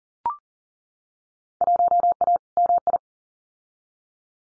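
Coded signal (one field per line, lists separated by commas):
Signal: Morse code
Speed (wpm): 40 wpm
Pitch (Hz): 700 Hz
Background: none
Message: 1A MI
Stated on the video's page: Morse practice at 40 wpm: Field Day exchanges, each sent, spoken, then sent again for head-copy.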